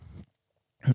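Two brief, low, guttural bursts separated by a pause: a rough, croaky belch from an adult, odd-sounding and likened to a dinosaur from Jurassic Park rather than a deep, solid burp. The person can't burp any other way.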